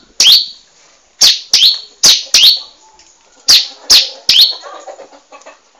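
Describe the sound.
Bar-winged prinia giving loud, shrill descending chips, some in quick pairs, separated by brief pauses; faint softer twittering follows near the end.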